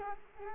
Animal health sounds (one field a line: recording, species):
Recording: mosquito wingbeat signal from an infrared sensor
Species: Culex quinquefasciatus